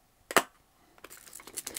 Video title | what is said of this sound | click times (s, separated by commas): REVIEW: Manfrotto XUME magnetic filter adapters. No more screwing and unscrewing filters! | it should quite simply snap into place | 0.3 s, 0.4 s